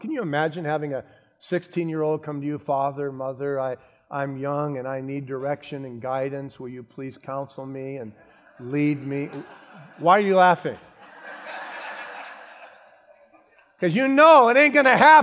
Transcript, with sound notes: Can you imagine a 16-year-old coming to you and saying, “Father, mother, I’m young, and I need direction and guidance. Will you please counsel me and lead me.” [Laughter.] Why are you laughing? Because you know it ain’t gonna happen;